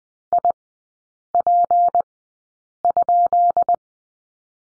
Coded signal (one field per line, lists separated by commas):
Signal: Morse code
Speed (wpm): 20 wpm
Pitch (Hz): 700 Hz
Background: none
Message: IP?